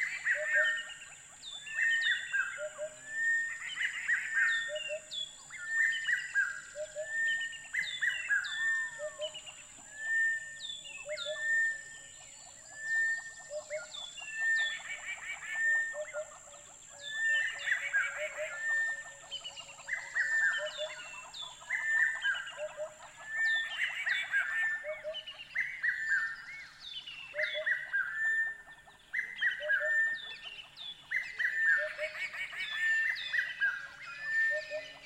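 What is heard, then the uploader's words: Dawn birdsong in the South African savannah, with many birds calling at once in a dense, open chorus. Repeated bright whistles and chirps recur every second or so, a clear piping note returns regularly, and a thin high insect-like hiss runs steadily underneath. Southern African dawn - spacious birdsong. A small collection of dawn recordings made in South Africa during Sonic Mmabolela, November 2016. Savannah environment of Mmabolela Reserve, Limpopo, South Africa. Recorded with 2x Sennheiser MKH8020 in a custom SASS enclosure onto a Zoom F8 recorder.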